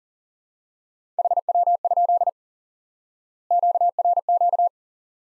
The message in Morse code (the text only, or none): HW? QRQ